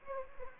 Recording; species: mosquito wingbeat signal from an infrared sensor; Anopheles gambiae